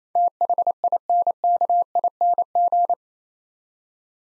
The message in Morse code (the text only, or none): THINKING